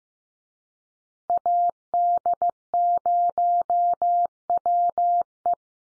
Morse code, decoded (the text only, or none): AD0WE